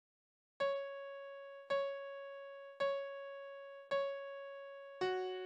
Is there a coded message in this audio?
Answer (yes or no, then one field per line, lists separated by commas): no